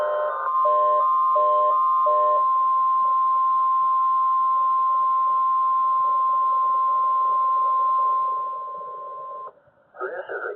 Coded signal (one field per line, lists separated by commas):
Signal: Emergency Alert System (SAME) tones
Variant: 1050 Hz attention tone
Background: speech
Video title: (ARCHIVED) STO (2/2) Weekly test (EAS #268)